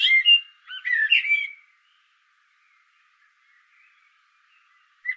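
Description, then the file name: Common blackbird giving a rich warbled phrase with a high squeaky flourish, then a long quiet gap and a brief final note. "Turdus merula"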